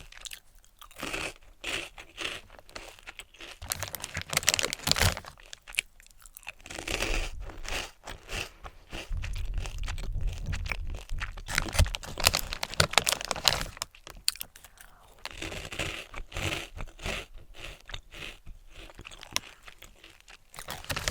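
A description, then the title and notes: Snack eating: crisp crunches and chewing, with bursts of crinkling packaging. Sounds come in dense, irregular clusters, busiest between about 7 and 13 seconds where a low rumble of handling joins in, with brief quieter gaps around 6 and 14 seconds. ASMR Eating German Snacks.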